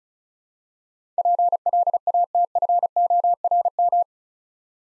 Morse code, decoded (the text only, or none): PLATFORM